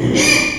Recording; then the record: squeal of a Yucatan mini pig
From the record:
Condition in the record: before surgery on the right vocal fold (resection and tissue-engineered implant); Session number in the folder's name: 2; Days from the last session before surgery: 0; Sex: male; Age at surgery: 12 weeks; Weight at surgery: 13 kg